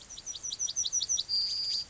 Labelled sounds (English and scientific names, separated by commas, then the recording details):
Yellowhammer (Emberiza citrinella) song
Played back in grassland
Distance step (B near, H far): E
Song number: 146